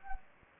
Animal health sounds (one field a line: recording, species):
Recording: mosquito wingbeat signal from an infrared sensor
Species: Anopheles gambiae